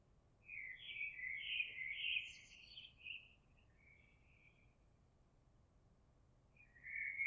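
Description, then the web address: Eurasian blackbird delivering a flowing, fluty warble with a squeaky high flourish, then a softer trailing phrase and the start of another after a pause. Recorded on 26 April 2022. "oiseaux Merle 2022 04 26"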